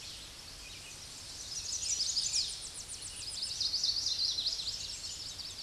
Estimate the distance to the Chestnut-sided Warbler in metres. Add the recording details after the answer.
about 10 m. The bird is about 5 m above the microphone. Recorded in a Pennsylvania forest on 16 May 2024 at 08:12. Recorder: AudioMoth, point MSD-1419. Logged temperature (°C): 16.9 °C. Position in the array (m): 129 m, 172 m